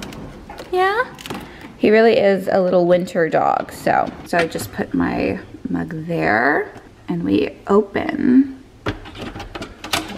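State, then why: Seated. A plastic/aluminium coffee pod is placed into the holder of a pod coffee machine while someone talks. After a few handling knocks and clatters near the end, the pod clicks into place at 9.9 s and is seated.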